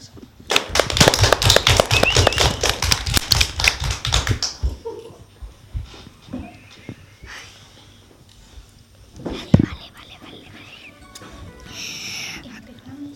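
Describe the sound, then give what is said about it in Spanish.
On a radio quiz show, applause is played as the reward for listeners who answer the questions. A loud burst of dense, crackling applause lasts about four seconds, then drops away abruptly, leaving quieter scattered sounds and faint voices. “Todas aquellas personas que asienten todas esas preguntas serán premiadas por un fuerte aplauso como este.”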